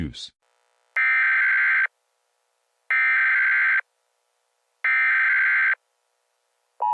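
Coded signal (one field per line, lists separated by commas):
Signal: Emergency Alert System (SAME) tones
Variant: header bursts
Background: speech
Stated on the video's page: Fake nuclear attack EAS alert made by the uploader as a prank.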